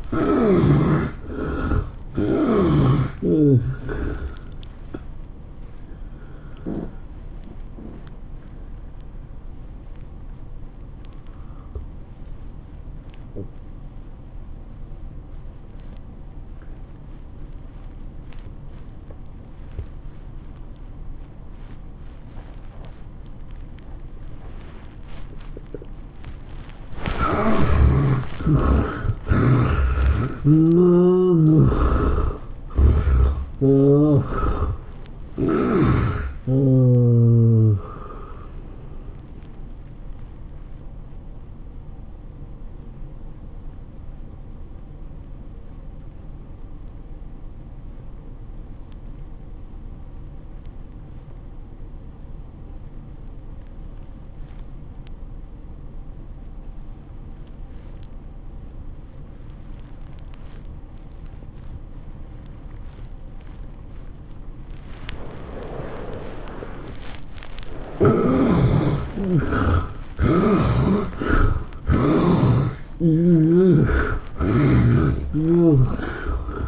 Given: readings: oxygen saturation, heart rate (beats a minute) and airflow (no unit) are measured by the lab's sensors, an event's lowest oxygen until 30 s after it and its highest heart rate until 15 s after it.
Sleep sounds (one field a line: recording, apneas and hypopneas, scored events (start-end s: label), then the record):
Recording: breathing in sleep by a smartphone at the bedside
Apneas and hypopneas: 2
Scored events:
3.00-28.80 s: hypopnea (N1, oxygen 96% highest, then 67% lowest, heart rate 108 at the start, 114 highest)
44.00-67.40 s: obstructive apnea (N1, oxygen 94% highest, then 72% lowest, heart rate 88 at the start, 112 highest)
From the record:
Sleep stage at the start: N1 (lightest sleep)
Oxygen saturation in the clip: 67 to 96%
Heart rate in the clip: 80 to 114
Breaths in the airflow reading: 12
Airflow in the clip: -17.9 to 12.6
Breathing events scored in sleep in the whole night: 403 in 5.5 hours asleep